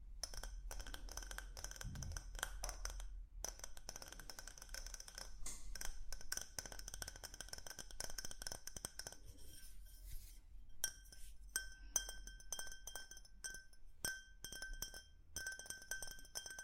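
Tapping on different objects, with rapid, dense clicks and clinks that ring with bright, glassy tones. The taps run almost continuously, with a near-silent gap around three seconds and a quieter stretch near ten seconds. A low hum sits underneath for most of the clip.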